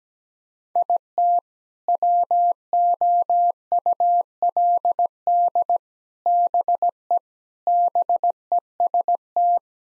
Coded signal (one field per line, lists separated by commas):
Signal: Morse code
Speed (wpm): 17 wpm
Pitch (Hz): 700 Hz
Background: none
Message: IT WOULD BE BEST